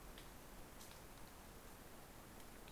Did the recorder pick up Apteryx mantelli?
no